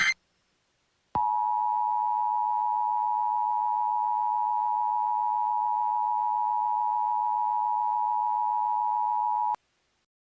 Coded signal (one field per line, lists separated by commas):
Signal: Emergency Alert System (SAME) tones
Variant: 853 and 960 Hz attention tone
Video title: The Midwest Uprising - An EAS Mini Mock.